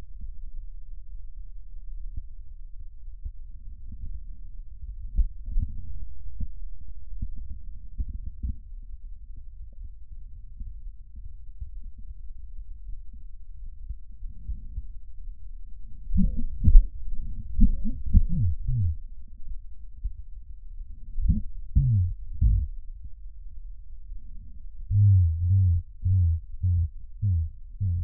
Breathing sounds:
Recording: lung sounds by stethoscope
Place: right posterior basal chest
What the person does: quiet breathing, then cough and speech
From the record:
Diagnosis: none (healthy)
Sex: male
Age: 34 years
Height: 174 cm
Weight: 93 kg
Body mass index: 30.7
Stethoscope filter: bell mode

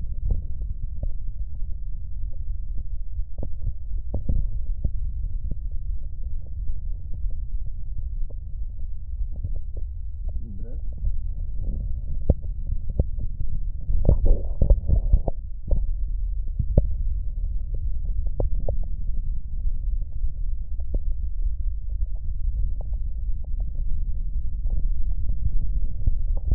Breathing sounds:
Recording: lung sounds by stethoscope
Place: right posterior apical chest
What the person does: quiet breathing, then deep breathing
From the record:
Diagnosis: none (healthy)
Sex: male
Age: 23 years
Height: 185 cm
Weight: 93 kg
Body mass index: 27.2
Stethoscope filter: extended mode

